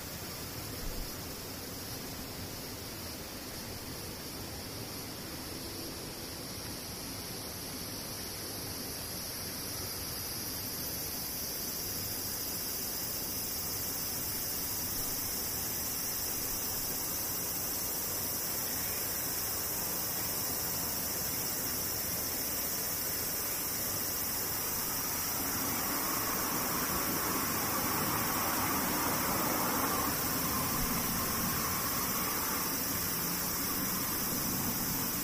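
Cicadas drone steadily in high, shrill bands, and around eleven seconds another lower buzzing layer joins and holds to the end. Beneath them runs a constant low rumble, swelling into a broader rushing wash between about twenty-five and thirty-three seconds, perhaps a passing vehicle.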